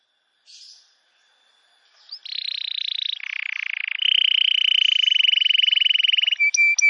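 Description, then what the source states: Canary song: a brief faint buzzy note, then long rapid trills of repeated notes that shift in pitch partway and run steadily, ending with a few sharp high chips. Canary song used as a lure for trapping birds.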